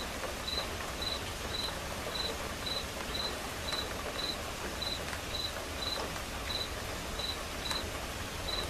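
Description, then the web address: Cricket chirping: brief high-pitched chirps about every half second, with soft steady rain underneath. Crickets chirping as accompaniment to a quiet rain. "som de chuva silenciosa com acompanhamento de grilos"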